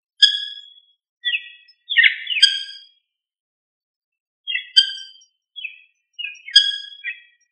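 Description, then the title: Rail calls: harsh, squawky notes in short bursts, two clusters of several notes split by a silent gap of about one and a half seconds, with a quiet background. "LuckyFamilia RallidaeFrangoSama"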